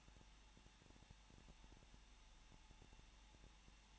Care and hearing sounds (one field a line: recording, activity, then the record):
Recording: daily activity, microphone in the room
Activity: no activity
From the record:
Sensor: 1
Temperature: 20.1 degrees Celsius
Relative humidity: 39.3%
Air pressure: 1006.4 hPa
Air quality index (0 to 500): 218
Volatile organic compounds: 79 ppm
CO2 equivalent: 3603 ppm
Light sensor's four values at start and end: 1/2/1/1 and 1/2/1/1